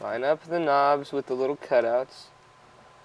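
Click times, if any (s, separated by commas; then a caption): none. Someone talks while lining up the knobs of an LED bulb with the little cutouts of a gauge cluster socket on a Nissan D21 Hardbody, to twist it in. A brief soft rustle follows near 2.2 seconds, then only faint background noise. Nothing has seated or clicked yet; the bulb does not go in cleanly and gives no click.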